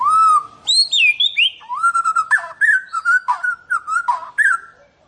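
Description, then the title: White-rumped shama song: a long pure whistle, then a rapid series of fluty slurred notes and clicks. "Kicau Murai Batu"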